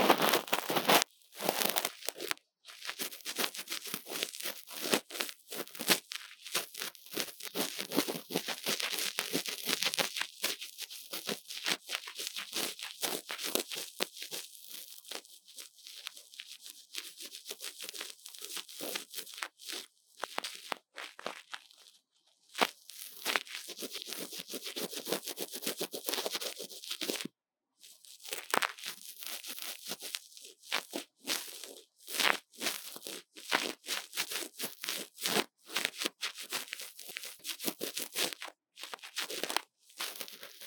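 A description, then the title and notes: Ear cleaning sounds: dense, bright scratching and crinkling rub against the microphone, coming in rapid bursts with brief silent gaps. The texture stays rough and busy throughout, thinning slightly in the middle before returning to sharp, frequent scrapes. ASMR 刺痛注意!!幫手機掏掏耳朵 | Lo-fi | Ear Cleaning | NO Talking.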